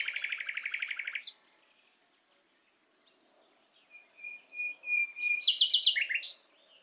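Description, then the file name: Common nightingale song: a rapid, throbbing trill of repeated notes, a pause, then slow swelling whistles leading into loud chattering phrases. "Luscinia megarhynchos"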